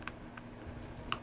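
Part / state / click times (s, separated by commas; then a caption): small screw into fishing reel body / stripped / 1.1 s. A small screw is driven back into the body of a fishing reel during reassembly, giving faint ticking sounds near 0.1 s and 0.4 s and a sharper tick at 1.1 s. The screw does not bite, and the threaded hole in the reel body is stripped.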